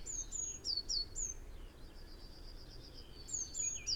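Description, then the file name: Eurasian blue tit giving short, thin, high downslurred notes, a brisk cluster at the start, a quiet pause, then a few more notes at the end over soft background noise. "Cyanistes caeruleus"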